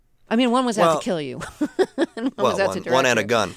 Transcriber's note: laughter